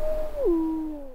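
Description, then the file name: Wolf howl, a short steady tone that slides abruptly down to a lower held pitch before fading, with a faint upper harmonic; no other clear sounds. "Wolf Song Only"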